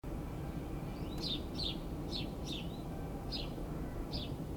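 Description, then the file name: House sparrow calling with several short, sharp chirps, with a low, continuous rumble underneath. "Passer domesticus"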